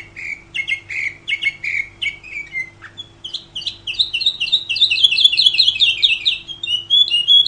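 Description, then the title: Canary song: a string of repeated chirps followed by long, fast, high rolling trills. Champion canary singing. "Kicau Burung Kenari Juara"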